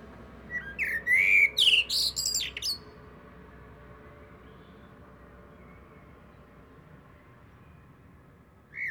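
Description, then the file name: Eurasian blackbird song: a low, mellow whistled phrase rising into a squeaky high twitter, lasting about two seconds, then quiet with faint background hiss. "Turdus merula"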